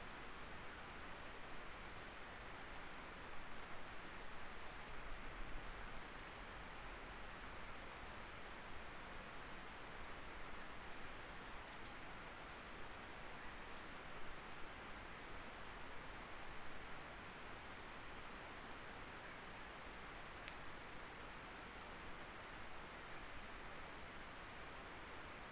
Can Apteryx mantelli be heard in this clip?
no